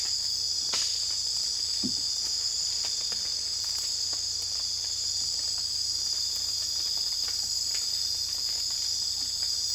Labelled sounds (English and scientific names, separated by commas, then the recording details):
none
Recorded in secondary vegetation near Puerto Asís, Putumayo, Colombia, on 20 December 2024 at 03:00
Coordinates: 0.484, -76.319
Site GP06